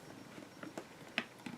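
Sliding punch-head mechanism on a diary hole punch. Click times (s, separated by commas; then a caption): 1.2 s. A hole-spacing mechanism on a KW Trio diary hole punch is slid inward one step to the personal-size position. Faint sliding ticks come at about 0.6 s and 0.8 s, then a sharp, bright click at 1.2 s as the mechanism seats in position, followed by a softer tick near 1.5 s.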